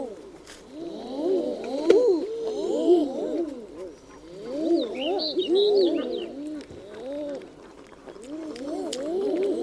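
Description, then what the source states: Common eiders giving crooning coos in waves, several birds overlapping, plus a brief high chatter of another bird midway. Common eiders in tundra.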